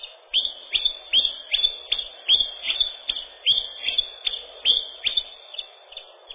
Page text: Пеночка-теньковка, или пеночка-кузнечик (устар.) — Phylloscopus collybita